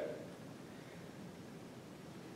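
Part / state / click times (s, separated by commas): crimped contact pin into MC4 solar connector housing / not seated / none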